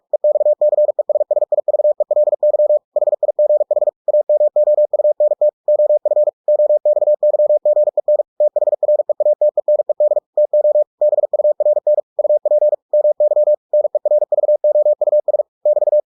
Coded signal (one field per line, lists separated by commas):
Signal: Morse code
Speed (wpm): 46 wpm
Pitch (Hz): 600 Hz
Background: none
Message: EXCESSIVELY HIGH AMOUNT OF OXYGEN THREATENED TO BURN UP MY NERVOUS <BT>